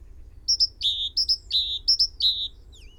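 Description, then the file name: Great tit song, several quick high phrases alternating a sharp upper note with a lower drawn note, repeated rapidly, ending with a faint thin sliding note. "Parus major"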